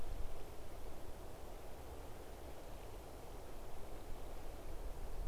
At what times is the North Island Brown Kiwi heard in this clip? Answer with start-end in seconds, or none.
none